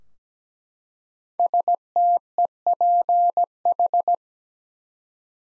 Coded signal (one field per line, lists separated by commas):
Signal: Morse code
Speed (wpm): 17 wpm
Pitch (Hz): 700 Hz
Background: none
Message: STEPH